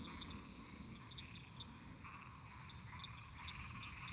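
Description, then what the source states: Frogs and toads: frogs croaking in an overlapping chorus of short notes over a steady low rumble, with occasional higher chirps and a constant high hiss. Many toads and frogs calling together in a marsh, with thunder.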